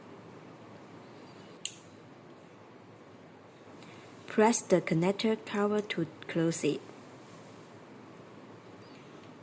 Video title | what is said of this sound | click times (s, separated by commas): Metal V-groov Fast Connector | Insert the clear fiber into the SC connector until you hear a crackle click sound. | 1.7 s